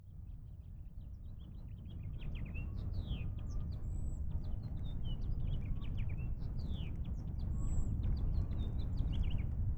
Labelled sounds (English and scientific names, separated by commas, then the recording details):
House Finch (Haemorhous mexicanus) song
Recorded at Lawrence on Long Island, New York, on 4 June 1975
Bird A